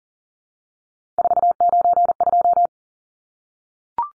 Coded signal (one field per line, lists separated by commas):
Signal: Morse code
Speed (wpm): 40 wpm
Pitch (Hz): 700 Hz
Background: none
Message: 492